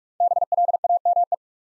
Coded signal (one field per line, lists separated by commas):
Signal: Morse code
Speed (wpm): 44 wpm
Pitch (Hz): 700 Hz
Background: none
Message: BLAME